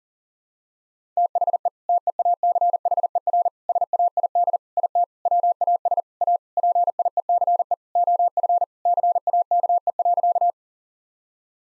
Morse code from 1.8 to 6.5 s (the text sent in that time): TEACHER SAID IT WAS A